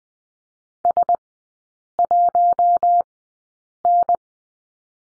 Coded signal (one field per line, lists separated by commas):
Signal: Morse code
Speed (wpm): 20 wpm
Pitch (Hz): 700 Hz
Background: none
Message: S1N